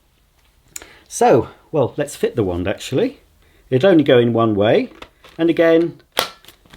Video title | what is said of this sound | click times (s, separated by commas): Sebo Balance A1 Cordless Vacuum Cleaner Unboxing & First Look | make sure it clicks into position. | 6.2 s